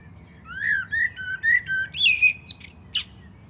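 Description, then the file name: Common blackbird song: rich, rising and falling fluted whistles running into a strained, high squeaky twitter. "Turdus merula"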